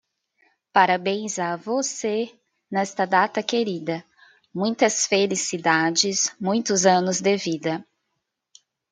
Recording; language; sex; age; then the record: short text; Brazilian Portuguese; female; 30 to 39 years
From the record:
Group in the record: control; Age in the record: 34 years